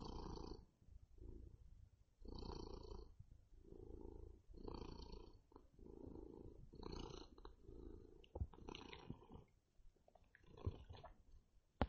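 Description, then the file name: Cat purring, a deep rhythmic rumble rising and falling with each breath, then a few clicks and rustling near the end. Male cat (tomcat) purring. "kater blacky schnurren"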